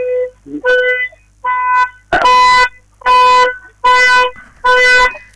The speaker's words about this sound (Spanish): Se disparó la alarma otra vez. ¿Hola? Sí, ahora está, me bajé del auto. Ah, bien. Para irme más lejos porque se ve que quedamos parados al lado de una casa que arregla alarmas. Arregla alarmas y la prueban disparándola.